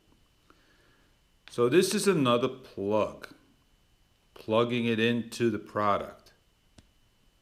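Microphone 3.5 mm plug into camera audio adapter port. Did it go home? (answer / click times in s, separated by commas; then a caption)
no / none. A second microphone's 3.5 mm plug is pushed into the audio adapter port of a camera, the GoPro Hero 5 Black, while someone talks. Only faint ticks are heard, near 0.5 s and 6.8 s, and the plug goes in without any click; it has not seated or clicked yet, and it pulls out very softly.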